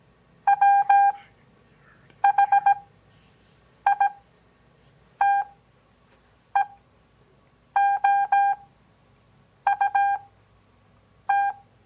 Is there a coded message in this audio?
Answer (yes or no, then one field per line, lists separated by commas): yes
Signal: Morse code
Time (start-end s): 0.5-11.5 s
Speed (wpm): 17 wpm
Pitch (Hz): 800 Hz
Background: none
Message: WHITEOUT